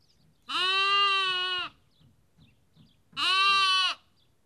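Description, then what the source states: Sheep: lamb giving two drawn-out bleats separated by a pause, each steady and nasal, with soft low background noise between them. Lamb; Kakopetria, Cyprus.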